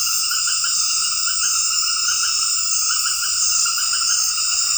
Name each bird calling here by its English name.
none